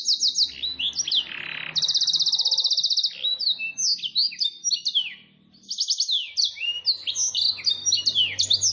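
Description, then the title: Canary singing continuously, rapid rolling trills alternating with bright down-slurred whistles and chirps, one short lull midway before the varied phrases resume. Domestic canary with a long, very active song meant for training other canaries and luring wild canaries. "Pikat Kenari GACOR PANJANG INI Cocok Untuk Masteran KENARI LIAR"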